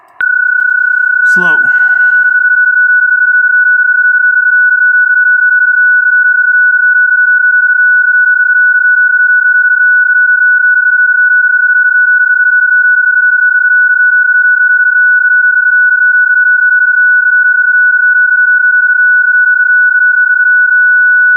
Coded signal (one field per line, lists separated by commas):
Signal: PSK31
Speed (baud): 31.25 baud